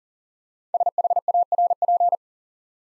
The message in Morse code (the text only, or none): SHARP